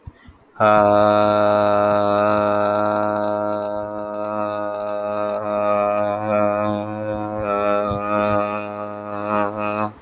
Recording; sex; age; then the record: vowel held as long as possible; male; 20 to 29 years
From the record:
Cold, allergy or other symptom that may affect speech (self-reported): no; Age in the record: 25 years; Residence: California, United States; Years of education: 16